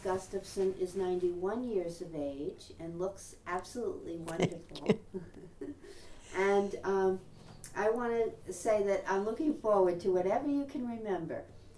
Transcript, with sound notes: Gustafson is 91 years of age and looks absolutely wonderful. (laughs)
Thank you. (laughing)
And I want to say that I'm looking forward to whatever you can remember.